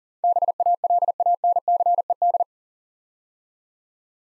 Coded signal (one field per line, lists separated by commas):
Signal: Morse code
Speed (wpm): 42 wpm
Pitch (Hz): 700 Hz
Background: none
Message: BALANCED